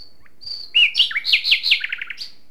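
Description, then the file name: Common nightingale song: a long thin whistle followed by a rich sequence of varied swooping and chirping notes. "Luscinia megarhynchos"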